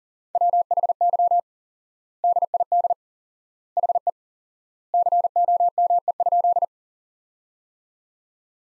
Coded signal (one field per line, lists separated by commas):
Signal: Morse code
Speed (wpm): 37 wpm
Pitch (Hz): 700 Hz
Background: none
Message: WHY DID HE COME?